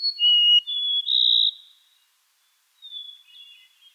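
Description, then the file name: Golden-crowned sparrow giving clear whistled notes, a high note, a lower one, then a long steady note, followed after a pause by a fainter wavering whistle. "Golden-crowned Sparrow - Zonotrichia atricapilla"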